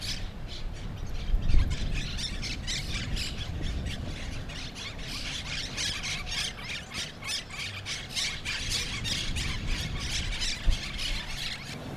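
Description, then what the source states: Monk parakeet squawks, harsh rapid screeches in a dense chattering chorus, with low rumbling background noise. Brooklyn parrots.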